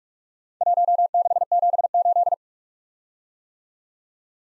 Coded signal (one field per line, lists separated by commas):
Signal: Morse code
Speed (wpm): 44 wpm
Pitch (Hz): 700 Hz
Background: none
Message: 1678